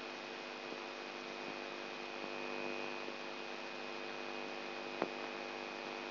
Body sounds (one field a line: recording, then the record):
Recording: brain microelectrode recording played as sound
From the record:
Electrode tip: inside the subthalamic nucleus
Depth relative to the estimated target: 2 mm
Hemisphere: right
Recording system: AlphaMap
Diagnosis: Parkinson's disease